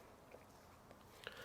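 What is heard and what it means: A retaining pin is pressed into a dirt bike's plastic air filter cage while a new foam filter is fitted onto it, with faint handling noises beforehand. A sharp snap comes at the end of the push at 1.3 s, and the pin is seated.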